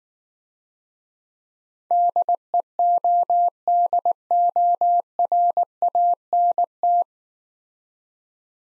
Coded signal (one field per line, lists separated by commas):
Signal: Morse code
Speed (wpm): 19 wpm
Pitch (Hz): 700 Hz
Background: none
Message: DEODORANT